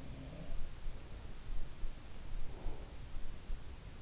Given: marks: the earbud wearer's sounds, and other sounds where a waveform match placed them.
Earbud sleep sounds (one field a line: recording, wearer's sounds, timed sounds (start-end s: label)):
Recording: sounds in sleep by an in-ear microphone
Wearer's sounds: breath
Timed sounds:
0.00-0.92 s: sound from someone else or the room
2.41-3.38 s: breath